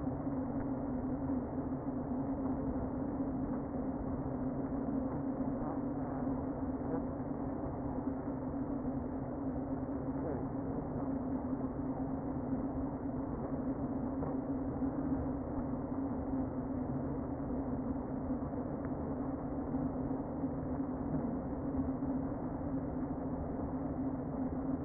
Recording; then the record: honeybee colony, microphone inside the hive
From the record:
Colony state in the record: queen present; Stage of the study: before two queens were removed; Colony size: about 60,000 bees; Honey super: yes